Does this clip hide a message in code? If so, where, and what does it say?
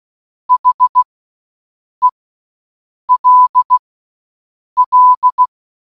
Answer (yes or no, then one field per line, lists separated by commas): yes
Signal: Morse code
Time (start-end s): 0.5-5.4 s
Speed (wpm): 16 wpm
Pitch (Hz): 1000 Hz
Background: none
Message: H E L L